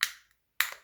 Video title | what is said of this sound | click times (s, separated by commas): TASER Pulse Plus: Smart Weapon Unboxing and Demo | snap that into place when you hear the click you know you got it right | 0.6 s